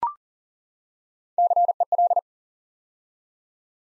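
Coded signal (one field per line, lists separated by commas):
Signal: Morse code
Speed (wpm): 39 wpm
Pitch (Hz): 700 Hz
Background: none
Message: CEL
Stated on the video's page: Morse practice at 40 wpm, building 9-letter words three letters at a time for instant character recognition.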